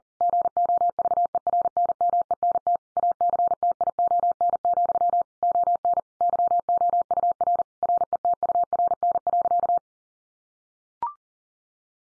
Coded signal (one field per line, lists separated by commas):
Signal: Morse code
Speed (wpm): 40 wpm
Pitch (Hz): 700 Hz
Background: none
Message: GOVERNMENT ACTION, ON YOUR RETURN.